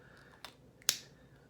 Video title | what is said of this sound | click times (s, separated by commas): Look of Love lipsticks by Charlotte Tilbury | now this is a heavy duty lipstick case let's be clear you can hear the snaps and it stays closed | 0.9 s